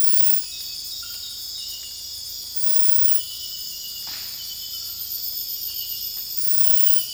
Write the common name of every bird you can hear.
none